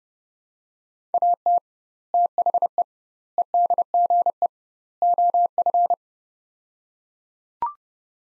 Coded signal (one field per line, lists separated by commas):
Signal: Morse code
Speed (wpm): 30 wpm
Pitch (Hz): 700 Hz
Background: none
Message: AT THE EDGE OF